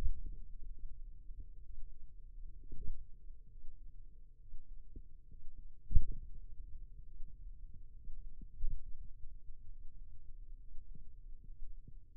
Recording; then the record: forearm muscle sounds (acoustic myography)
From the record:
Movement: finger pinch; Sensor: system 2, bracelet of six BSWA MPA416 microphones around the upper forearm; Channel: 6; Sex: male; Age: 22 years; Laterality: right